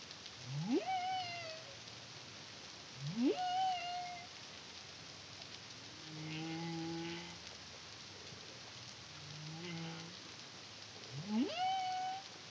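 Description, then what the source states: Humpback whale song: quick upward-sweeping whoops ending in a held tone, with low flat harmonic moans between them, over hissing noise. Caribbean, CARIMAM project, 2023.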